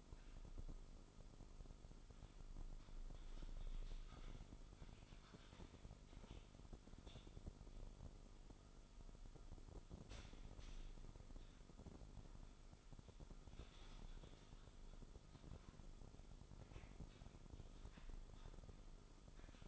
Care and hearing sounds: daily activity, microphone in the room; typing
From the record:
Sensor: 5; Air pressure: 988.8 hPa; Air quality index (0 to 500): 235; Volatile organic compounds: 193 ppm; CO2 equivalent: 4189 ppm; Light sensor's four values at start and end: 39/124/48/51 and 39/124/48/51

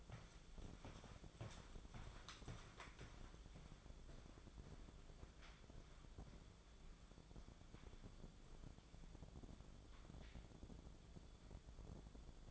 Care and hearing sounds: daily activity, microphone in the room; walk to room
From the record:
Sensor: 5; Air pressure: 1010.5 hPa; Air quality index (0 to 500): 108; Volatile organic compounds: 2 ppm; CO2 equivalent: 1069 ppm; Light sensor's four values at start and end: 681/1673/709/853 and 512/1330/547/636

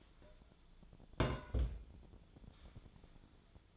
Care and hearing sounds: daily activity, microphone in the room; place on stove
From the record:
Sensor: 5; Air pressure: 1010.0 hPa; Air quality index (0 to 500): 153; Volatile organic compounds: 3 ppm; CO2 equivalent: 1493 ppm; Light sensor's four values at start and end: 252/602/259/289 and 250/600/258/287

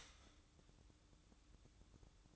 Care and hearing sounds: daily activity, microphone in the room; start toaster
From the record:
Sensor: 3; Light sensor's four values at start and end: 8/18/7/7 and 8/18/7/7

